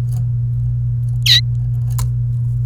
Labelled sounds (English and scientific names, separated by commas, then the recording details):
Domestic Canary (Serinus canaria) song
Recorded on 28 April 2018 at 14:40
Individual llb3